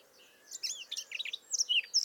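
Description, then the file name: Eurasian blackcap giving a quick burst of scratchy, varied chirps and twittering notes, rising and falling, densest in the second half, over faint background hiss. "Sylvia atricapilla"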